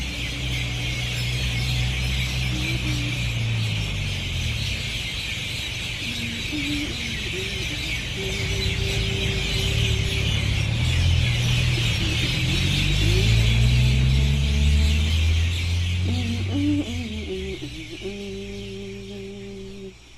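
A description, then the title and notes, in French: Evening birds chatter in a tree in the Seychelles, a dense, unbroken wall of bright twittering that holds steady throughout. Underneath, low droning tones slide up and down in pitch. The whole scene grows slightly louder mid-way, then eases off near the end. Les oiseaux du soir sous un arbre aux Seychelles. Ecouter le monde à la tombée de la nuit a été enregistré par Felix Blume au Venezuela, Xabier Erkizia au Timor et Francis Mazière en Guyane.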